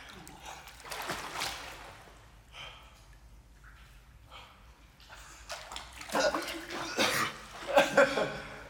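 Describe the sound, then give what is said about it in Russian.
Water splashes and gurgles as someone plunges under, with an early burst of churning followed by louder, choppier splashing and bubbling toward the end. “Я еще раз нырну.”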